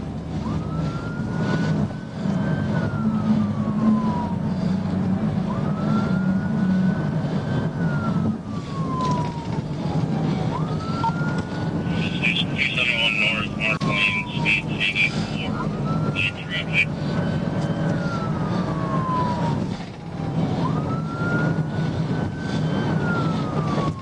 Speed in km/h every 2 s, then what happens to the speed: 134, 135, 135, 132, 126, 126, 134, 132, 134, 132, 127, 127.
0-5 steady at about 135. 5-8 slows to 126. 8-16 speeds up to 134. 16-24 slows to 127.